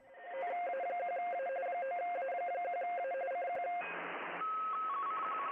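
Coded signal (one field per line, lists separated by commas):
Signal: RTTY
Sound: rapid warbling two-tone teletype chatter from several stations, brief hiss, then a steady tone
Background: radio static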